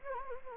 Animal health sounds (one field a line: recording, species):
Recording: mosquito wingbeat signal from an infrared sensor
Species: Anopheles gambiae